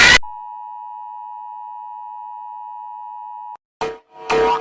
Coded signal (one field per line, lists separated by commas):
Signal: Emergency Alert System (SAME) tones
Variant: 853 and 960 Hz attention tone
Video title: OLD VIDEOS ARCHIVE #3: Rating EAS alarms by how scary they are! HEADPHONE VOLUME WARNING!